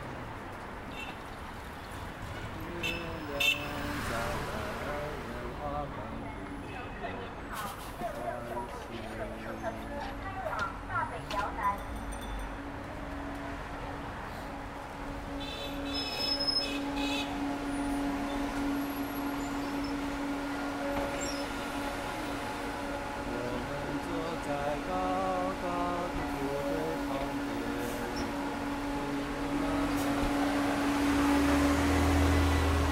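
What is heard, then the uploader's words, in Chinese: Street sound from sitting in the sun beside the 300 express road, with steady traffic and scattered voices. Sharp clicks and knocks come often in the first twelve seconds. From about fifteen seconds a steady engine drone holds, swelling into a deeper rumble near the end. 坐在300快外晒太阳｜城市声音。很喜欢300快外公交，坐在二层的第一排，被太阳从头到脚晒着，很浪漫。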